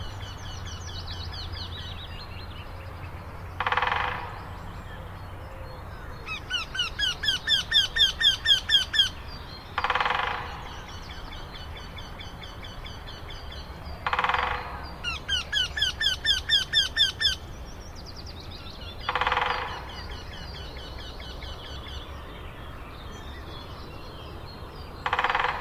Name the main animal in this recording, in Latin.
Jynx torquilla